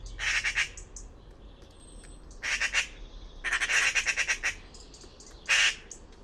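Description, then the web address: Bird giving harsh, rasping squawks in short bursts of rapid pulses, with brief pauses between bursts and fainter chatter in the gaps. "cianscape birddata Deverinetal 2025"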